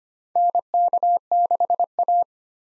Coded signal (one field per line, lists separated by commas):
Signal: Morse code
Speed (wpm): 25 wpm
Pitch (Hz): 700 Hz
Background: none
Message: NK6A